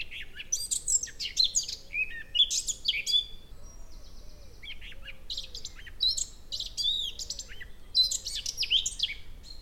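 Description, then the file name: Eurasian blackcap song: rich, fast warbling phrases of squeaky and chattering notes in bursts, separated by short pauses, with a brief steady tone around the middle. "Sylvia atricapilla"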